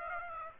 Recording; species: mosquito wingbeat signal from an infrared sensor; Aedes aegypti